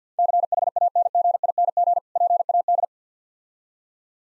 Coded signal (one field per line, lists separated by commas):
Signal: Morse code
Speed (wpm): 50 wpm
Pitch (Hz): 700 Hz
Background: none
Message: CHANGING PAD